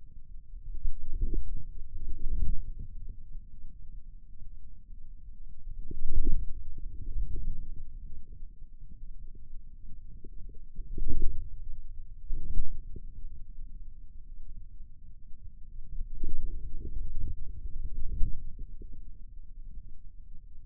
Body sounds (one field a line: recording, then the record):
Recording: forearm muscle sounds (acoustic myography)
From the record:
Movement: inward rotation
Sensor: system 2, bracelet of six BSWA MPA416 microphones around the upper forearm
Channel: 2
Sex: male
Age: 22 years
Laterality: right